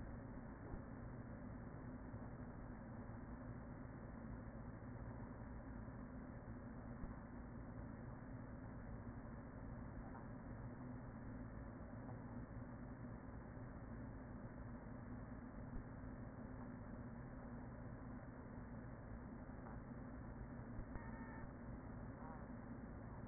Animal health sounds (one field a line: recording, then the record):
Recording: honeybee colony, microphone inside the hive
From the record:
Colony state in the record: queen present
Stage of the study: after two queens were removed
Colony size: about 40,000 bees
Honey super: no